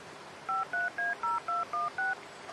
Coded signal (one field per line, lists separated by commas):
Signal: DTMF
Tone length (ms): 170 ms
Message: 53A0216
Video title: Federal Signal Model 7 & Gamewell Diaphone for Rescue Call, Glen Head, NY 7/20/2023